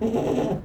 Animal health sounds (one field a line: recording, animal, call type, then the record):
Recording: contact call of a hoofed animal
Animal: goat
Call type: low-frequency (closed-mouth) or high-frequency (open-mouth) call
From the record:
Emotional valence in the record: negative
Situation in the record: food frustration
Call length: 0.65 s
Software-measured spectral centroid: 1440 Hz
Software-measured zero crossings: 920 a second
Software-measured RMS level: -24 dBFS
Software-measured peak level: -12 dBFS